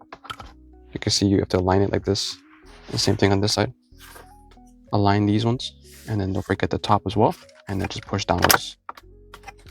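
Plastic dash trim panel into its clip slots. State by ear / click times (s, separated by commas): seated / 9.3 s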